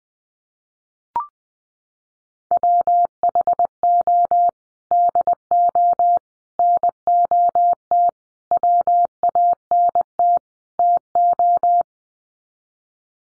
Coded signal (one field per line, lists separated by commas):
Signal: Morse code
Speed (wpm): 20 wpm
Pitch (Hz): 700 Hz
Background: none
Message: WHO DO NOT WANT TO